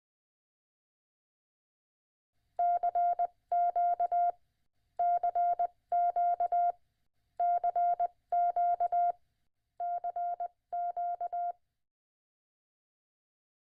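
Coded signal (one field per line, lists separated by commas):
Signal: Morse code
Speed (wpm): 20 wpm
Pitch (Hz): 700 Hz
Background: none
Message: CQ CQ CQ CQ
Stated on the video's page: Portable HF radios compared side by side.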